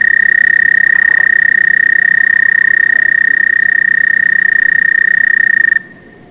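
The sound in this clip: American toad trill, a steady, high, ringing trill held for nearly six seconds before stopping abruptly, followed by quiet background.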